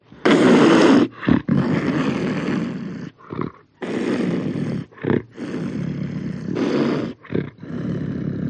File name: audio hero Panther